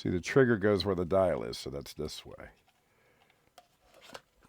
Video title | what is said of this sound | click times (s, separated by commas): Golf 5 eClub on Quest 3 controller accesory that really works! How to use the settings. | will I fit in with my rope oh okay I feel clicking into place | 3.6 s, 4.1 s